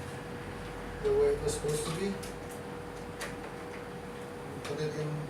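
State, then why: Not seated. A cable is routed back into its original path in a mini split air conditioner indoor unit and handled toward its retainer while someone talks, with faint rustling and light handling sounds over a steady hum. Nothing has seated or clicked yet; the cable is not yet home in its holder.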